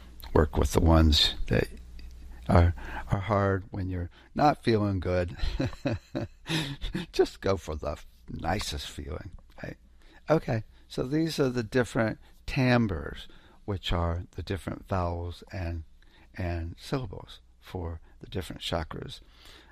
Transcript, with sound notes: work with the ones that are, are hard when you're not feeling good. (laughs) Just go for the nicest feeling. Right? Okay.
So these are the different timbres, which are the different vowels and, and syllables for the different chakras.